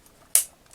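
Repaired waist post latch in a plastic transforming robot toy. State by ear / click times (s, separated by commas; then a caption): seated / 0.4 s. The plastic waist of a vintage G1 Transformers Metroplex robot toy is twisted after its broken waist post has been repaired and the back screw fitted. The latching mechanism on the top half of the post snaps into its detent with one sharp, bright click at 0.4 s, followed by a few faint ticks. The waist latches and the toy holds firmly together.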